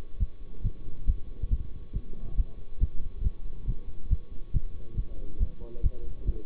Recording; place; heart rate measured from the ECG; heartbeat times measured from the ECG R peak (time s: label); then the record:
heart sounds by stethoscope; between the tricuspid and mitral areas; 138 bpm
0.18 s: heartbeat
0.62 s: heartbeat
1.05 s: heartbeat
1.49 s: heartbeat
1.92 s: heartbeat
2.36 s: heartbeat
2.79 s: heartbeat
3.22 s: heartbeat
3.66 s: heartbeat
4.08 s: heartbeat
4.52 s: heartbeat
4.95 s: heartbeat
5.38 s: heartbeat
5.81 s: heartbeat
6.25 s: heartbeat
From the record:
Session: bicycle stress test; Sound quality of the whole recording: good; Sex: male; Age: 24 years